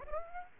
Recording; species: mosquito wingbeat signal from an infrared sensor; Aedes aegypti